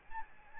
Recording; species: mosquito wingbeat signal from an infrared sensor; Aedes albopictus